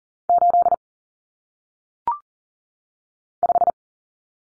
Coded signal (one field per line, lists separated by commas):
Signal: Morse code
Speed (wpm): 40 wpm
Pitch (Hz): 700 Hz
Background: none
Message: 8 5